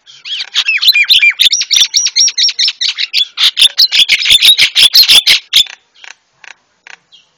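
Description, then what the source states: Javan myna song: rapid loud looping whistles and harsh grating notes run together, fading into a few short chirps at the end. Masteran for training cage birds; white-eyed form (mata putih).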